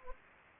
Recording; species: mosquito wingbeat signal from an infrared sensor; Anopheles gambiae